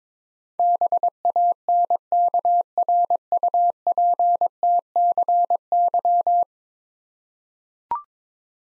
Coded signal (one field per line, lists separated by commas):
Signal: Morse code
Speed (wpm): 22 wpm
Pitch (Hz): 700 Hz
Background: none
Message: BANKRUPTCY